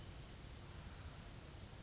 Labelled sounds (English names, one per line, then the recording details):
Western Flycatcher
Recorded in Sonoma County, California